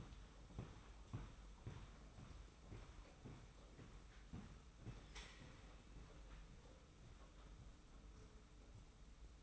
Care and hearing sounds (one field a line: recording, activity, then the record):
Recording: daily activity, microphone in the room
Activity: walk to room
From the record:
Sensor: 1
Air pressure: 991.1 hPa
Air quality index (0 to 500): 90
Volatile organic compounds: 32 ppm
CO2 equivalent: 2998 ppm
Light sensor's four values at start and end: 34/111/43/45 and 35/114/44/46